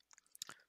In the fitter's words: just gently push in until you hear the clicks so